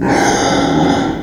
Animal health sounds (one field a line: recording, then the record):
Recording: squeal of a Yucatan mini pig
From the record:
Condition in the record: before surgery on the right vocal fold (resection and tissue-engineered implant)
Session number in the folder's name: 1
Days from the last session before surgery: -21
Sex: female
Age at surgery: 19 weeks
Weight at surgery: 25 kg